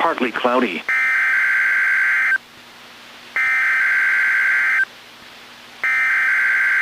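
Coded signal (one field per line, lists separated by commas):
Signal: Emergency Alert System (SAME) tones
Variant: header bursts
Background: speech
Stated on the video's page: NOAA Weather Radio required weekly test, audio recorded directly from a weather radio via aux cord.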